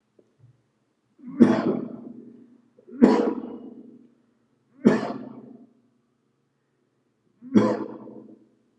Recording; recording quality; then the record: heavy voluntary cough; excellent, no background noise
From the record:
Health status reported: healthy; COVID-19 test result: negative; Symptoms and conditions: cough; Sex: male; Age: 34 years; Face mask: not worn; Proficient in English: yes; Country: India